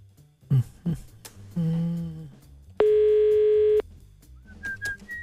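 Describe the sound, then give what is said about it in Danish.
A phone line's ringing tone sounds once during a live prank call, a steady one-second electronic buzz at a mid pitch, framed by clicks, thumps and a few short rising beeps, with no one answering or speaking. “Det er faren ved at lave direkte telefonspas. At man simpelthen ikke kan være sikker på, at der er nogen, der tager den.”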